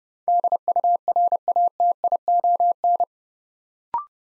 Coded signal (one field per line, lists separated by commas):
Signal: Morse code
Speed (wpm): 30 wpm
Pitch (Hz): 700 Hz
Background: none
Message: DURATION